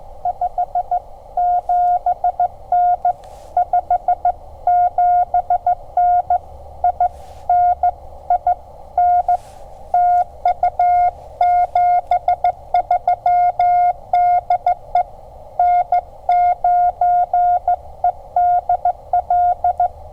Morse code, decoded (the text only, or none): 57N 57N IN IN TU 73 DE N9EDL